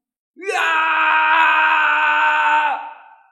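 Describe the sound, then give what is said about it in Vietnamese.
A single loud, anguished roar from a human voice, like a wounded beast, as the character Thạch Hạo roars with his face turned up to the sky, swelling up in pitch, held raw and steady for over two seconds, then breaking downward and trailing off. “Thạch Hạo gào thét giống như là dã thú bị thương, ngửa mặt lên trời gầm thét.”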